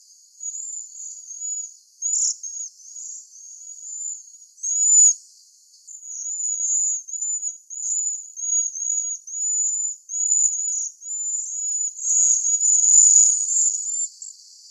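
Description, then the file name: Cedar waxwing calls: a near-continuous stream of thin, high, lisping whistles, many short notes in succession, louder toward the end. Recorded in Arizona. "CEDW deviche"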